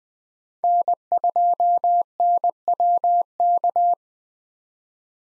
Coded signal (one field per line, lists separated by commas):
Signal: Morse code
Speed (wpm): 20 wpm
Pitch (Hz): 700 Hz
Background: none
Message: N2NWK